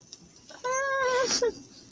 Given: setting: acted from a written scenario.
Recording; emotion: vocal sound without words; distress